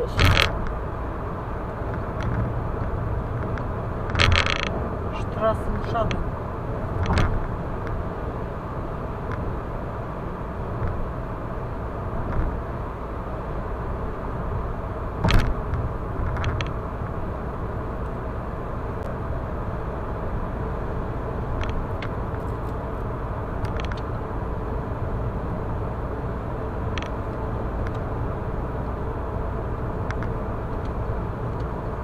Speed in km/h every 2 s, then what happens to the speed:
104, 105, 105, 105, 105, 105, 104, 104, 104, 103, 103, 103, 102, 102, 102, 103.
0-32 steady at about 104.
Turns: none.